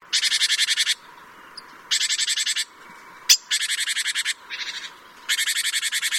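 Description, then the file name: Great tit harsh churring calls, rapid buzzy rattles of about ten pulses each, given in several bursts of under a second with short pauses between. "Parus major"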